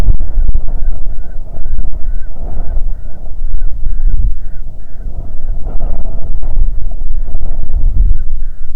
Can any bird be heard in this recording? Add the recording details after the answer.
yes. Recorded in the Prudhoe Bay oil fields, Alaska, on 6 June 2019 at 03:39. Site 16